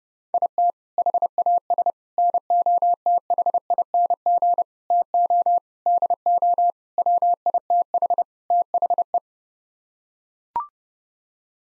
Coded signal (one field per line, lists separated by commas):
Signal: Morse code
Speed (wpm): 32 wpm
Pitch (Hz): 700 Hz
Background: none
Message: IT HAS NOTHING TO DO WITH THE